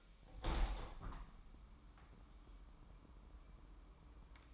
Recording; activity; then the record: daily activity, microphone in the room; open window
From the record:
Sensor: 1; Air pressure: 998.6 hPa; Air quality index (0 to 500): 140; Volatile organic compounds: 4 ppm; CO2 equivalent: 1689 ppm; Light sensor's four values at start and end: 16/39/16/20 and 16/40/17/21